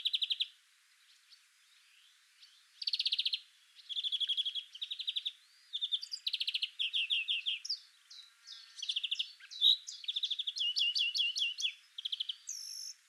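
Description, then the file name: European greenfinch delivering repeated fast trills and chattering bursts, nearly continuous through the second half, mixed with short twittering notes. "Chloris chloris"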